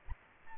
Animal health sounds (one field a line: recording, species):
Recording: mosquito wingbeat signal from an infrared sensor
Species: Aedes aegypti